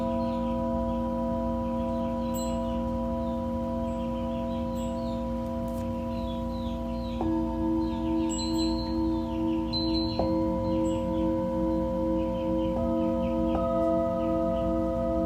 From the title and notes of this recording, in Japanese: 真夜中のシンギングボウルのサウンドヒーリング。チベタンシンギングボウル。